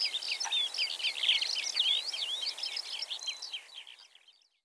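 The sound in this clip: Eurasian skylark pouring out a fast, high chattering warble with clear whistled slurs, fading away toward the end.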